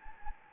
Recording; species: mosquito wingbeat signal from an infrared sensor; Anopheles gambiae